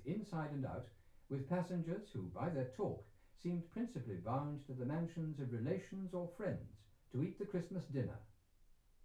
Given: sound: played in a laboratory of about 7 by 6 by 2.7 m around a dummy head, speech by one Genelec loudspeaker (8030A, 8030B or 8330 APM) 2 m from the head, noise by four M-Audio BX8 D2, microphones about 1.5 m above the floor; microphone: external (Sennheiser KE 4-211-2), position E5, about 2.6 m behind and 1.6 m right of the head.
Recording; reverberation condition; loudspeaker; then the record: male speech in English; low; behind (180 degrees)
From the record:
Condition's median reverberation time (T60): about 310 ms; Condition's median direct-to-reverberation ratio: about 3.5 dB